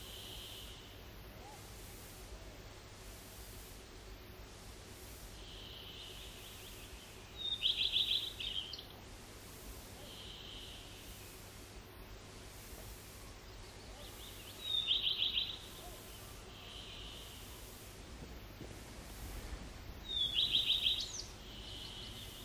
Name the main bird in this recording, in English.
Common Redstart